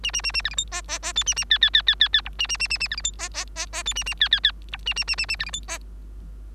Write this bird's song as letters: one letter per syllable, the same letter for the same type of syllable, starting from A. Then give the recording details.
A A A A B C D E E E F A A G G G G G G H A A A A A B C D E E E E F A A G G G H A A A A A B C D E. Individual Bird3